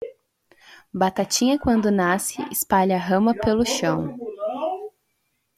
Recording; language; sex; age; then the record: short text; Brazilian Portuguese; female; 20 to 29 years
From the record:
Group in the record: control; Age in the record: 21 years